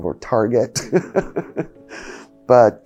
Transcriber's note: laughter